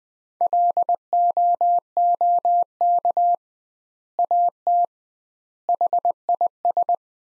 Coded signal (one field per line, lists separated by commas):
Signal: Morse code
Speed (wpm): 20 wpm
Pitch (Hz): 700 Hz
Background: none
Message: LOOK AT HIS